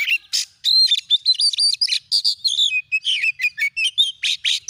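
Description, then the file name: Oriental magpie-robin song with clear, steady whistled notes, quick slurred phrases and scratchy bursts, tumbling on in a lively stream. "Suara Kacer"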